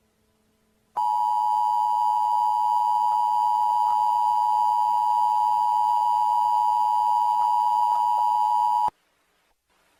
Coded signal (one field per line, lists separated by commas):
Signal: Emergency Alert System (SAME) tones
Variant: 853 and 960 Hz attention tone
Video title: Jerry EAS scenario Part 2 "Dimension hopping"